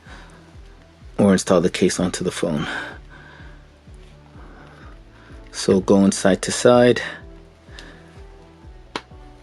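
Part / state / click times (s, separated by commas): clear protective case onto smartphone / seated / 9.0 s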